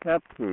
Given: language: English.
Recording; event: throat vibration sensor signal played as sound; speech